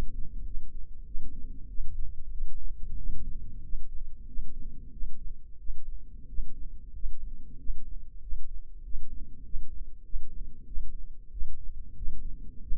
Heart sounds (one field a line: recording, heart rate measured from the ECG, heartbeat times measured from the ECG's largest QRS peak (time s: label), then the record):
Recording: heart sounds by microphone in the left ear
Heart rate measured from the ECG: 94 bpm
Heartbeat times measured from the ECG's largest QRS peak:
0.44 s: heartbeat
1.05 s: heartbeat
1.68 s: heartbeat
2.31 s: heartbeat
2.97 s: heartbeat
3.63 s: heartbeat
4.27 s: heartbeat
4.92 s: heartbeat
5.59 s: heartbeat
6.28 s: heartbeat
6.94 s: heartbeat
7.58 s: heartbeat
8.22 s: heartbeat
8.84 s: heartbeat
9.44 s: heartbeat
10.04 s: heartbeat
10.66 s: heartbeat
11.31 s: heartbeat
11.96 s: heartbeat
12.61 s: heartbeat
From the record:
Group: healthy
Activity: cold pressor test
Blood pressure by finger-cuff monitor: 143/69 mmHg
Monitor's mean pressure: 90 mmHg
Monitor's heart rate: 94 bpm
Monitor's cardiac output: 10.4 L/min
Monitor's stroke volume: 111 mL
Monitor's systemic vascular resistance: 630 dyn s/cm5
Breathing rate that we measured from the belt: 20 breaths a minute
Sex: male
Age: 24 years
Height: 184 cm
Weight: 89 kg